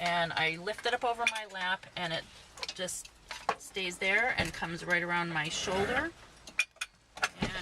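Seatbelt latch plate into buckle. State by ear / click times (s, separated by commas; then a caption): seated / 6.6 s. A driver brings a stationary seatbelt up over her lap and around her shoulder, then pushes the latch plate into the buckle while someone talks. The latch plate clicks into the buckle at 6.6 s, and a few lighter clinks follow, leaving the seatbelt latched.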